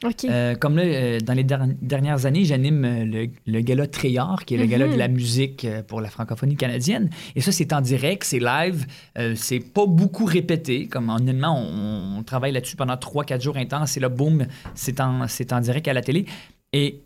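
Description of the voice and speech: Mostly fluent French speech from an adult man, a professional actor who has stuttered since childhood, with brief syllable and word repetitions and short hesitations, as if stumbling on a word, consistent with mild stuttering.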